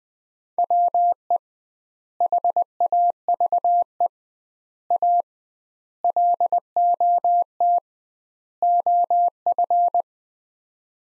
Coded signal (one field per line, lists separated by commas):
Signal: Morse code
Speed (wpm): 20 wpm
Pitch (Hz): 700 Hz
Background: none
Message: WE HAVE A LOT OF